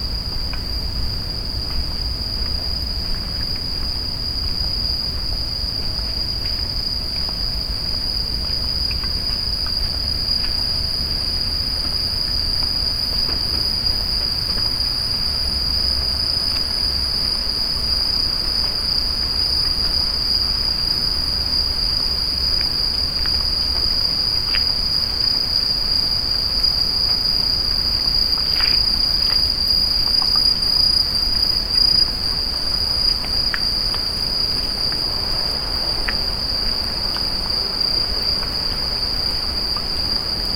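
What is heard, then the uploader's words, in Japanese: A night walk outdoors, filled with the steady, high, shrill trill of crickets that holds unbroken for the whole stretch. A low rumble runs underneath throughout, and a few brief faint clicks or scuffs appear around the middle. とある日のエナジードリンク回に行く夜道。収録の前に飲んでいるエナジードリンクを切らしてたので、買いに夜の散歩に出かけました。台風の前の日でしたが、なんとか大丈夫でした。Mic: Mu6 Lifelike2。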